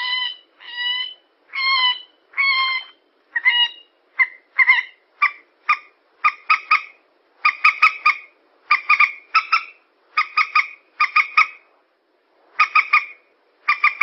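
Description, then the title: Yellow-vented bulbul calls, slurred whistles at the start shifting into rapid bubbling phrases of two to four notes, repeated steadily. Bird lure recording. "PIKAT TRUCUKAN"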